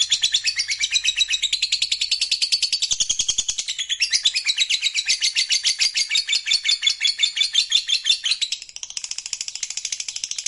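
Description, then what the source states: Lovebird song: a long, fast, high-pitched chattering trill of rapid buzzy pulses, continuing without a break and thinning near the end. Fighter lovebird singing energetically (gacor).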